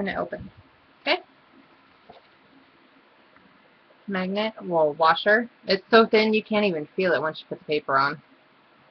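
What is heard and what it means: A magnet on the flap of a handmade paper mini album sits over a thin washer hidden under the paper in the cover. Someone talks while handling the album, with a couple of faint taps near 2.1 and 3.4 seconds, and the clip ends before the closure snaps shut, so nothing has seated or clicked yet.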